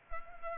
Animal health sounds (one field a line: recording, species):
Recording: mosquito wingbeat signal from an infrared sensor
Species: Culex pipiens